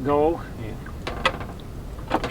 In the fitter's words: that forward and that locks into place keeps it closes the thing off